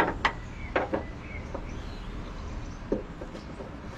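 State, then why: Seated. A small mounting bracket is pushed by hand back into its seat in a car headlamp housing after a removed lamp part is refitted into its brackets. It locks into place with a sharp, loud snap at 0.3 s, followed by softer clicks and knocks. No one talks.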